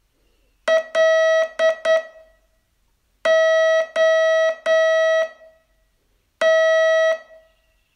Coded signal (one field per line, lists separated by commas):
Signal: Morse code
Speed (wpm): 9 wpm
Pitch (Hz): 640 Hz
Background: none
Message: LOT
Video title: Learn Morse in 42 Days from VU2LAU - day 25